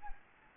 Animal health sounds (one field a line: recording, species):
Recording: mosquito wingbeat signal from an infrared sensor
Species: Anopheles arabiensis